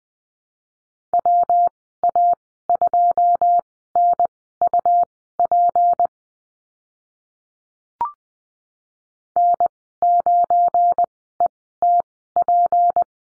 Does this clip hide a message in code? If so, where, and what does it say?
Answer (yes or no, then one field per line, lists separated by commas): yes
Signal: Morse code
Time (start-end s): 1.1-13.0 s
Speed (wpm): 20 wpm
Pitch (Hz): 700 Hz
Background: none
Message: WA2NUP N9ETP